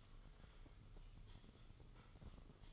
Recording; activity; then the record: daily activity, microphone in the room; typing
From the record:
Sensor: 4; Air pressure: 996.0 hPa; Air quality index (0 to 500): 64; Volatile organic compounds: 2 ppm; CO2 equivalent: 1142 ppm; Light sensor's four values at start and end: 14/39/14/14 and 14/38/14/14